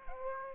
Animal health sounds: mosquito wingbeat signal from an infrared sensor; Aedes aegypti

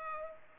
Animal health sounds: mosquito wingbeat signal from an infrared sensor; Culex pipiens

